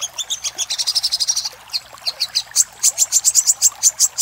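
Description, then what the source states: Little spiderhunter giving rapid, high-pitched repeated notes, a tight burst followed by a gap and a slower, evenly spaced series. Master recording for training cage birds, titled Labaik.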